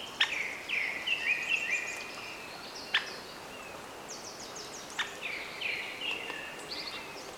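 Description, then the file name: Eurasian nuthatch calls: short bursts of quick notes, with a few sharp clicks between. "Sitta europaea"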